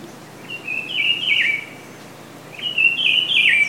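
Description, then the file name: Rufous-browed peppershrike singing two rich, warbled phrases, each a run of stepped slurred whistles, separated by a brief pause against faint background hiss. Ilha de Comandatuba, Bahia, Brazil; golf course; 31 January 2013. "Cyclarhis-gujanensis 3-golfe-IComandatuba BA-BR-31-1-13-ASilveira"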